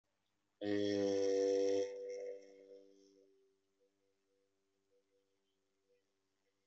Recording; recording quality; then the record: sustained vowel as in made; excellent, no background noise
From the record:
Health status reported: respiratory illness, not identified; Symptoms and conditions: none ticked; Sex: male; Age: 29 years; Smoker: not ticked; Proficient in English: yes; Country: India